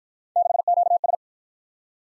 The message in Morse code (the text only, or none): 6QS